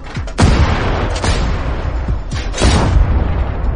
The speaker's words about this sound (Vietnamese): Ngay khi anh ta chuẩn bị phản kích, thì trong tay của Tô Bạch đã xuất hiện địa ngục hỏa shotgun. Hắn liên tiếp bóp cò súng nhắm vào đôi cánh màu trắng kia.